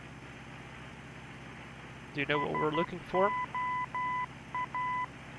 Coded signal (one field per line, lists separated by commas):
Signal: Morse code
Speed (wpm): 12 wpm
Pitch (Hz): 1000 Hz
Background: speech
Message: SOA